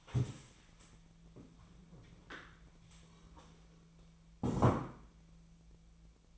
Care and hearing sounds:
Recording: daily activity, microphone in the room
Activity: stand up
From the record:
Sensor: 1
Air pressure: 1000.4 hPa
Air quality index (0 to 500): 180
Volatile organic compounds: 4 ppm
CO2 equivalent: 1669 ppm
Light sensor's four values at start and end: 12/30/12/14 and 13/30/13/14

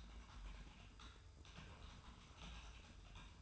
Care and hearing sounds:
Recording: daily activity, microphone in the room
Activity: typing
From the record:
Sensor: 2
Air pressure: 990.8 hPa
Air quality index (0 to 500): 144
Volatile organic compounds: 297 ppm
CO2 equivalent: 4474 ppm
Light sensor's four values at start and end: 28/69/27/29 and 28/69/27/29

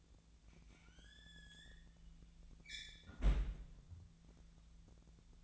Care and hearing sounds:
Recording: daily activity, microphone in the room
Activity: close fridge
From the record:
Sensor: 3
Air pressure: 1009.6 hPa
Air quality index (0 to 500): 194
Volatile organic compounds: 16 ppm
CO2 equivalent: 2525 ppm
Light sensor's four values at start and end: 36/89/38/40 and 36/89/38/41

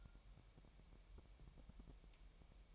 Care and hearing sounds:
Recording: daily activity, microphone in the room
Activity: take from stove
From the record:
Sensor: 1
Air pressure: 1002.0 hPa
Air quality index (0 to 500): 245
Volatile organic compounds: 49 ppm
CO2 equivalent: 3281 ppm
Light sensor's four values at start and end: 5/12/5/5 and 5/12/5/5

